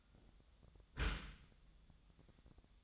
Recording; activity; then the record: daily activity, microphone in the room; close dishwasher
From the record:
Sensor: 3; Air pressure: 1004.6 hPa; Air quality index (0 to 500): 102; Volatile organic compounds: 4 ppm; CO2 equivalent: 1592 ppm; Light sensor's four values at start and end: 7/17/7/7 and 7/17/7/7